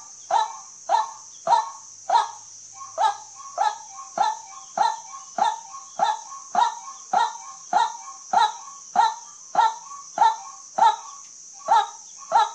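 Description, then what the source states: White-breasted waterhen calls, a harsh honking note repeated steadily about every 0.6 seconds, with a constant high hiss throughout. Call used as a lure for hunting at night.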